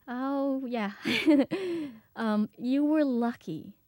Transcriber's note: laughs